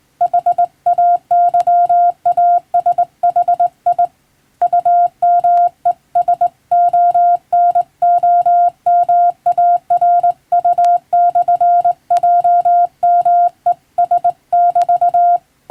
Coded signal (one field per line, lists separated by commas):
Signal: Morse code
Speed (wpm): 21 wpm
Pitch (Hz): 700 Hz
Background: none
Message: HAYASHI UMESONOMARU/JMES<BT>